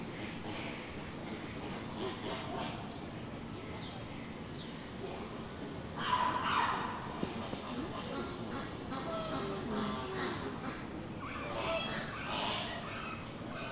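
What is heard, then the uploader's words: Busy general atmosphere at a zoo, a dense, steady murmur of many voices and footsteps with a low continuous rumble underneath. Around six seconds a burst of louder chatter and clatter rises, and brighter voices flare again near twelve seconds. General atmosphere in Burgers' Zoo, Arnhem. Recorded with my Zoom's internal mics near the Flamingo pond.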